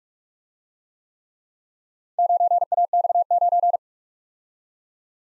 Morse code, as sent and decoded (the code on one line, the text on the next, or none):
----. .- -..- ----.
9AX9